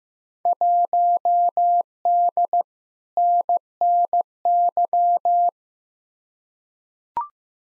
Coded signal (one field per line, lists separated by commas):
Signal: Morse code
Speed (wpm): 15 wpm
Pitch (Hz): 700 Hz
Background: none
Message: 1D NNY